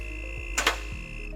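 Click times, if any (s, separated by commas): 0.6 s, 0.7 s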